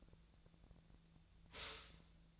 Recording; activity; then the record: daily activity, microphone in the room; stop toaster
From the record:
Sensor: 3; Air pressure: 1009.2 hPa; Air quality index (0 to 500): 198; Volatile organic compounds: 16 ppm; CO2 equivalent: 2563 ppm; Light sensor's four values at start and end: 32/80/34/36 and 32/80/34/36